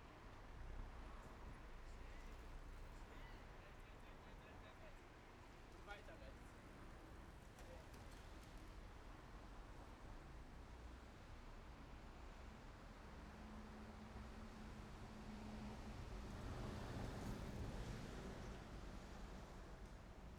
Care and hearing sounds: everyday scene through a hearing-aid microphone; in traffic; traffic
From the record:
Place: main road on the outskirts, rush hour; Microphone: behind the ear, right, front

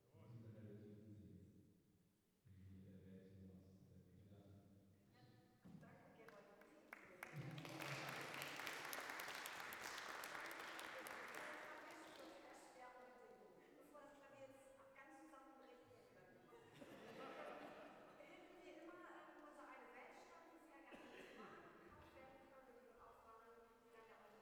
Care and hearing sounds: everyday scene through a hearing-aid microphone; reverberant space; speech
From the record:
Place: church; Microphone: behind the ear, left, front

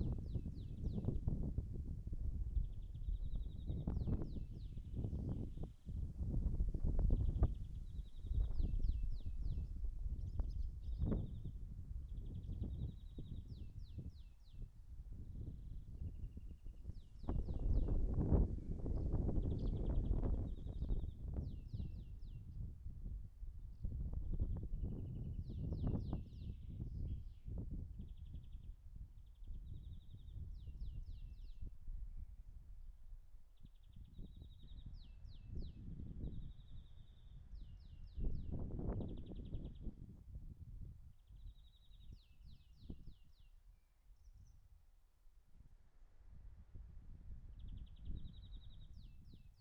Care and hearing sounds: everyday scene through a hearing-aid microphone; wind on the microphone; wind, birds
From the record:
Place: in front of a rural house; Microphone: behind the ear, right, rear

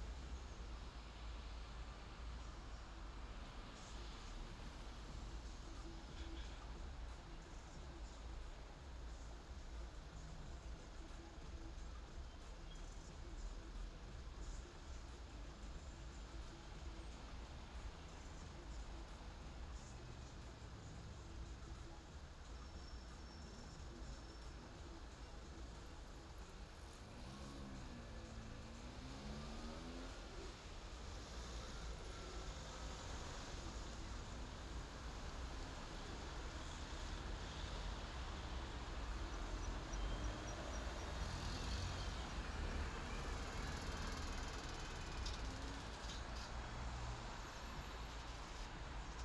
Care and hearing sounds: everyday scene through a hearing-aid microphone; in traffic; traffic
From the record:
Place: main city hub, rush hour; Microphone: in the ear canal, left

